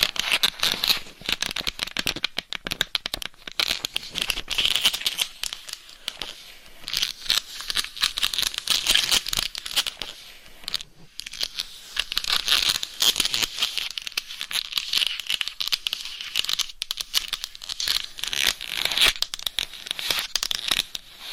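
Scratching on a mic cover makes a dense, continuous crackly rasp, bright and papery, with rapid uneven strokes and a brief lull near eleven seconds.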